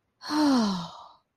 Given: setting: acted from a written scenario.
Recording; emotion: vocal sound without words; relief